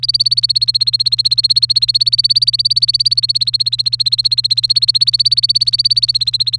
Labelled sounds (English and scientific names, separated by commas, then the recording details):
Domestic Canary (Serinus canaria) song
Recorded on 1 May 2018 at 17:09
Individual llb3